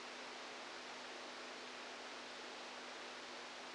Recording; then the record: brain microelectrode recording played as sound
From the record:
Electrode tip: outside the subthalamic nucleus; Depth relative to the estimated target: -6 mm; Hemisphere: right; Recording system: NeuroSet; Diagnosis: Parkinson's disease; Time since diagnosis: 8 years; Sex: male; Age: 46 years